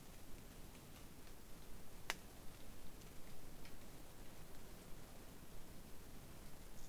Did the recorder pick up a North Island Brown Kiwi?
no